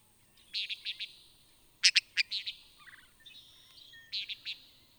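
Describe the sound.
Antillean nighthawk calling in quick clipped groups of several sharp notes, repeated a few times, with faint softer chirps between.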